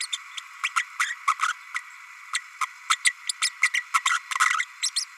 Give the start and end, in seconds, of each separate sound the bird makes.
0.00-0.07, 0.12-0.17, 0.63-0.69, 0.76-0.84, 0.99-1.15, 1.27-1.35, 1.48-1.53, 2.33-2.41, 2.61-2.66, 2.89-2.96, 3.04-3.13, 3.42-3.50, 3.63-3.70, 3.74-3.83, 3.94-4.00, 4.05-4.19, 4.45-4.64, 4.82-4.90, 4.96-5.05